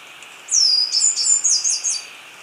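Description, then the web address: Tricolored brush-finch song: a high falling whistle followed by a string of quick, bright looping notes, about one and a half seconds long. Ecuador. "Birds of Ecuador Tricolored Brush-Finch"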